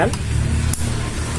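A plastic push-pin leg of a CPU cooler is pressed into its motherboard mounting hole while someone talks, and it clicks at 0.7 s as a sharp transient over a low background hum. The pin is seated and is then meant to be turned to lock.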